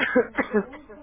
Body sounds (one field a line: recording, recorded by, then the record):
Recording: voluntary cough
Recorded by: telephone call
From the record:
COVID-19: positive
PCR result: checked with the laboratory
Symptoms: no